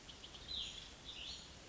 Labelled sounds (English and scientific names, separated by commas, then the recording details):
Cassin's Vireo (Vireo cassinii)
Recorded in Sonoma County, California